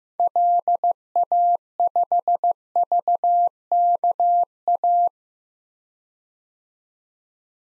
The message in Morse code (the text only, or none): LA5VKA